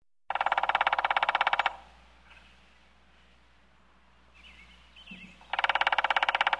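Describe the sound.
Woodpecker drumming, a long loud rapid roll of knocks followed by a pause with faint bird chirps, then another strong burst.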